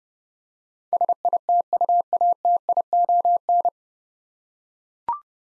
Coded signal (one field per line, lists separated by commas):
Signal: Morse code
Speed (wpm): 30 wpm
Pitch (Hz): 700 Hz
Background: none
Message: SITUATION